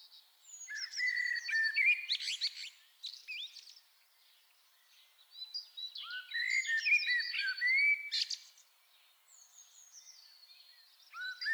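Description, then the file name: Common blackbird singing: three warbled phrases of low fluty notes and thin, scratchy high twitters, the last one softer. "Turdus merula"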